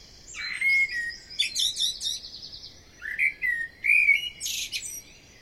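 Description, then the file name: Common blackbird giving two unhurried whistled phrases, each mellow and slurred, then trailing into a sharp high-pitched twitter. "Amsel"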